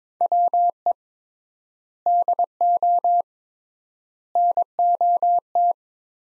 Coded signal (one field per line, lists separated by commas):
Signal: Morse code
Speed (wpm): 21 wpm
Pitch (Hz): 700 Hz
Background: none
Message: WE DO NOT